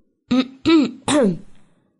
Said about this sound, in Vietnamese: Đúng lúc này Hạ Chí Nguyên có chút không hiểu phong tình, ho khan một tiếng.